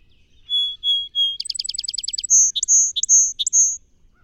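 Song sparrow song: three clear whistled opening notes, then a fast run of buzzy clicking notes, ending in alternating high sweet whistles and lower chips; quiet background.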